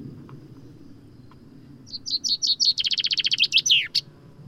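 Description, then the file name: Common chaffinch delivers one song: a few spaced opening notes, then a fast even trill and a falling flourish with a final accented note, after a quiet start with faint low rumble. "Fringilla coelebs"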